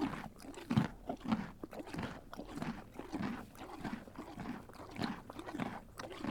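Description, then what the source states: Canadian horse eating, crunching and grinding bites repeated nearly twice a second, with occasional louder crunches. Eating carrots.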